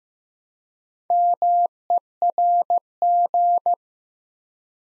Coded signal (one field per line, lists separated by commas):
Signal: Morse code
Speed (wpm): 15 wpm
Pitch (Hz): 700 Hz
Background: none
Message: MERG